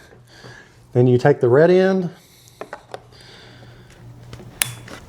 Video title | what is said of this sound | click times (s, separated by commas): Newport LoPro Battery Unboxing/First thoughts | You hear it click. And voila, you have a connected battery. | 4.6 s